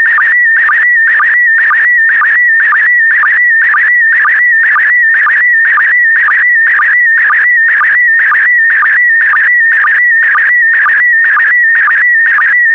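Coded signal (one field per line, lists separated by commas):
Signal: SSTV (slow-scan television)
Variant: PD120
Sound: warbling tone around 2 kHz with a short low blip twice a second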